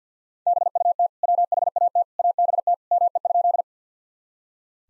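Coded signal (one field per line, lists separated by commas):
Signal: Morse code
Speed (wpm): 46 wpm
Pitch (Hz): 700 Hz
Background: none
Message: BUT WHAT ABT ME?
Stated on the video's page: Head-copy practice drill of sentences from the top 200 words and abbreviations in Morse code at 50 wpm, each sent twice.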